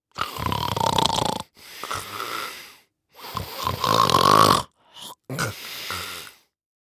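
Loud, rough, fluttering snores alternate with softer, breathier exhales over several breath cycles, with brief silent pauses between them. This is ordinary human male snoring.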